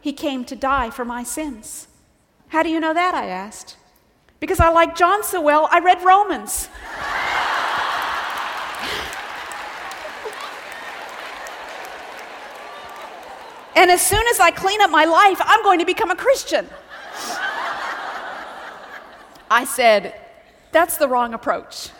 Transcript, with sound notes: He came to die for my sins." "How do you know that?" I asked. "Because I liked John so well, I read Romans. [laughter] And as soon as I clean up my life, I'm going to become a Christian." [laughter] I said, "That's the wrong approach.